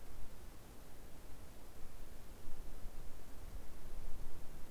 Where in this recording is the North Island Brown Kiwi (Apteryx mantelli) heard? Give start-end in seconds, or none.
none